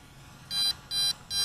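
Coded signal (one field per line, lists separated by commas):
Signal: beep code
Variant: RC transmitter warning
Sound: three short, bright electronic beeps repeating about twice a second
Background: quiet room hum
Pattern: 3 short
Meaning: Low battery voltage warning, first stage before return to home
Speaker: the transmitter is sending out three beeps and it is coming down it is still carrying out the failsafe return to home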